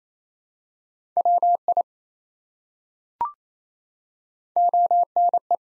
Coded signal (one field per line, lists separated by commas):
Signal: Morse code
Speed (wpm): 28 wpm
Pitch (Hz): 700 Hz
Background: none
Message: WI ONE